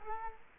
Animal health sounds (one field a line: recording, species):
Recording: mosquito wingbeat signal from an infrared sensor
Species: Culex quinquefasciatus